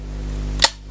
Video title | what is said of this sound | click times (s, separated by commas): Young Toys Tobot V Air Hyde | push them forward that they actually lock into place | 0.6 s